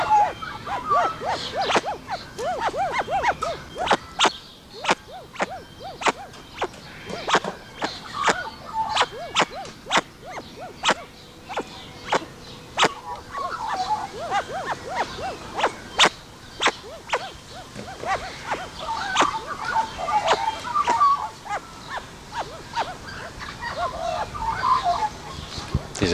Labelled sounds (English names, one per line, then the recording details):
Black Curassow call
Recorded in captivity
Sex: group
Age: adult
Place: Zoo Berlin, Berlin, DE
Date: 1986-05-23 10:30
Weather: sonnig, 15°C
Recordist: Tembrock, Günter
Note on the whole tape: Drei Exemplare: diverse Laute am Gitter